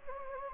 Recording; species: mosquito wingbeat signal from an infrared sensor; Anopheles gambiae